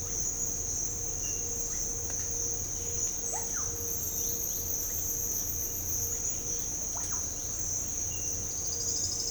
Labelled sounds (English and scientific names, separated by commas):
Thrush-like Wren (Campylorhynchus turdinus), Russet-backed Oropendola (Psarocolius angustifrons), unidentified bird